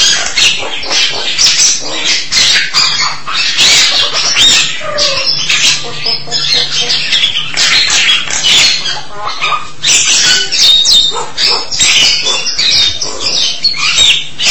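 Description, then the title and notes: Starling song, a dense stream of harsh chatter, clicks and squeaky notes running without pause, with a few short whistled phrases mixed in. "suara burung jalak"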